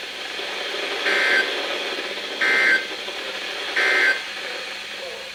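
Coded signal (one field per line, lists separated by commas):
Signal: Emergency Alert System (SAME) tones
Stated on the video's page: NOAA weather radio broadcasts on 162.550 and 162.425 MHz, received on several weather radios.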